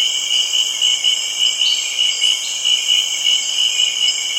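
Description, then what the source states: Insects sounding a dense, continuous high whine in several pitched bands, throbbing rhythmically, with a few brief higher notes. Early evening tropical rain forest atmosphere, Kribi, Cameroon.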